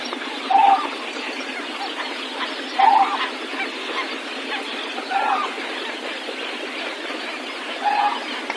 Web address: white naped crane call